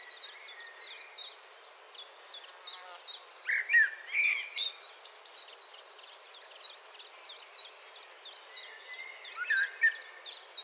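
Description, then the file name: Common blackbird song: a mellow warble with a shrill twittery finish, then a softer low phrase later, over a steady background of fast, thin high ticks. "Turdus merula 181122"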